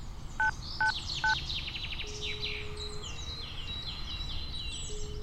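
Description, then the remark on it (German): Three short, evenly spaced mobile phone keypad dialing tones beep in quick succession as an emergency call is dialed in Crofton Park near the toilet block by the west gate, with birds chirping and tweeting steadily in the background and a faint low hum underneath. “Gib mir das Handy.”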